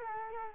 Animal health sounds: mosquito wingbeat signal from an infrared sensor; Culex quinquefasciatus

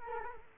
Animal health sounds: mosquito wingbeat signal from an infrared sensor; Culex quinquefasciatus

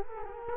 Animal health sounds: mosquito wingbeat signal from an infrared sensor; Culex quinquefasciatus

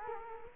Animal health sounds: mosquito wingbeat signal from an infrared sensor; Culex quinquefasciatus

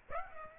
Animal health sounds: mosquito wingbeat signal from an infrared sensor; Aedes aegypti

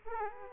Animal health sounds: mosquito wingbeat signal from an infrared sensor; Aedes aegypti

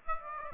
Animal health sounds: mosquito wingbeat signal from an infrared sensor; Aedes aegypti

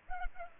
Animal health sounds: mosquito wingbeat signal from an infrared sensor; Culex pipiens

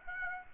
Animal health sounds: mosquito wingbeat signal from an infrared sensor; Aedes aegypti

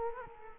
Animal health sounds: mosquito wingbeat signal from an infrared sensor; Culex quinquefasciatus

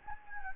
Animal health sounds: mosquito wingbeat signal from an infrared sensor; Anopheles gambiae

